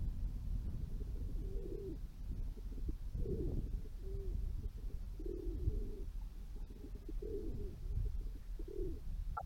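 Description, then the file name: Dove giving low gurgling coos in short bursts about every one to two seconds, with constant deep rumbling background noise throughout. Several doves cooing at a railway station square in Kaluga, Russia, recorded 28 July 2020. "Doves cooking at square of Kaluga-2 rail station"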